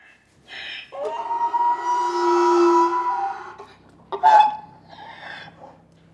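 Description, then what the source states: Donkey braying: a long drawn-out harsh tone held for nearly three seconds, then a short sharp gasp and a fainter trailing wheeze. Slow bray.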